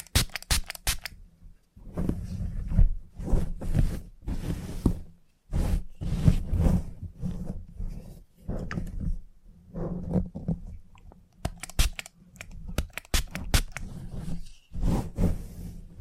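Scissors snip in rapid bursts of crisp clicks, with longer rustling, rubbing passages between, and a steady low hum underneath throughout.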